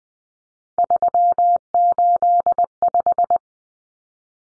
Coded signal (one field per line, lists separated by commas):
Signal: Morse code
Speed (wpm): 20 wpm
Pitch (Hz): 700 Hz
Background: none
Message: 385